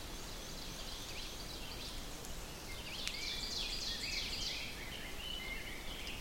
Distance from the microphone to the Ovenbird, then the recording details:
about 75 m. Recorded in boreal forest in Alberta, Canada, on 4 June 2016 at 05:36. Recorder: SongMeter 3, array SBT-3-51. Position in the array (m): 236 m, 10 m. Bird 27